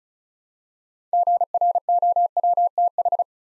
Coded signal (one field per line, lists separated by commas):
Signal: Morse code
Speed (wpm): 34 wpm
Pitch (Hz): 700 Hz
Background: none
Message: GROWTH